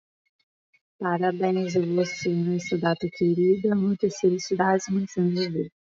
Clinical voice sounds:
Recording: short text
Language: Brazilian Portuguese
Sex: female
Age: 30 to 39 years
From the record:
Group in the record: control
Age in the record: 32 years

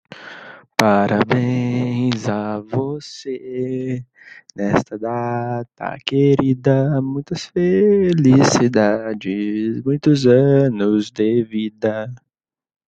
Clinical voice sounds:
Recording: short text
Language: Brazilian Portuguese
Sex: male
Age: 20 to 29 years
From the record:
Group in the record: control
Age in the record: 22 years

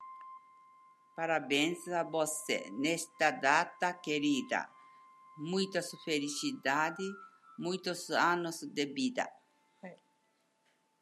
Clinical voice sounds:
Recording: short text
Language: Brazilian Portuguese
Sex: female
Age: 70 to 79 years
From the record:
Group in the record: control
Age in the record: 77 years

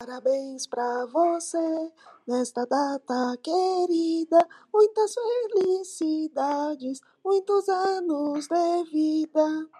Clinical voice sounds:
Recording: short text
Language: Brazilian Portuguese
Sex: female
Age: 50 to 59 years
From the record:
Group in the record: control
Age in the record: 59 years

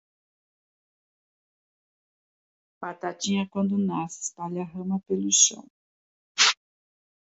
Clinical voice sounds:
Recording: short text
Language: Brazilian Portuguese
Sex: female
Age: 60 to 69 years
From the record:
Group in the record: control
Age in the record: 67 years

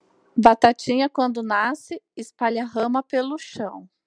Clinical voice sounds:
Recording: short text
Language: Brazilian Portuguese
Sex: female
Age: 30 to 39 years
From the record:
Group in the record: control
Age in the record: 35 years

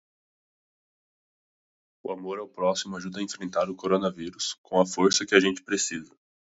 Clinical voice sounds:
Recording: spoken sentence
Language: Brazilian Portuguese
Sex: male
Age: 20 to 29 years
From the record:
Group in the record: control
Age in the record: 25 years

